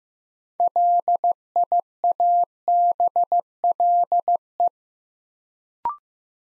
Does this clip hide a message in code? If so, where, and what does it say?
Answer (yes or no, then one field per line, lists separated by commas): yes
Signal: Morse code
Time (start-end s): 0.6-4.7 s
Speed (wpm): 15 wpm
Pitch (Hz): 700 Hz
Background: none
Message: LIABLE